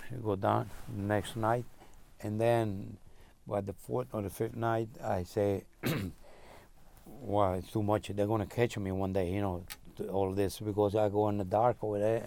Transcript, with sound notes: go down the next night and then by the fourth or the fifth night, I say, [clears throat] wow its too much they're going to catch me one day, you know, all this, because I go in the dark over there